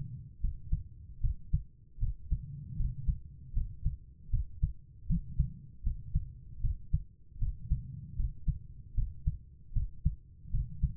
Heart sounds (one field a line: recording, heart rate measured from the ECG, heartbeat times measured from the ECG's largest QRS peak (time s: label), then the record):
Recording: heart sounds by stethoscope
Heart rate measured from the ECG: 77 bpm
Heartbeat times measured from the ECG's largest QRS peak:
0.40 s: heartbeat
1.20 s: heartbeat
1.98 s: heartbeat
2.76 s: heartbeat
3.53 s: heartbeat
4.29 s: heartbeat
5.06 s: heartbeat
5.82 s: heartbeat
6.60 s: heartbeat
7.38 s: heartbeat
8.15 s: heartbeat
8.94 s: heartbeat
9.72 s: heartbeat
10.50 s: heartbeat
From the record:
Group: healthy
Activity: rest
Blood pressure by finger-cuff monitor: 102/73 mmHg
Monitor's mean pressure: 84 mmHg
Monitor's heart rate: 77 bpm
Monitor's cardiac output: 5.6 L/min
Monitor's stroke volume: 74 mL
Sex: female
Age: 32 years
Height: 172 cm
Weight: 71.7 kg